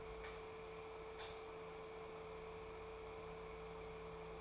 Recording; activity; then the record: daily activity, microphone in the room; light on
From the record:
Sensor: 1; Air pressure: 1014.8 hPa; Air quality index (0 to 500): 186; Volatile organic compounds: 19 ppm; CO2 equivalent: 2642 ppm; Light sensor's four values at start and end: 33/81/34/42 and 29/78/32/37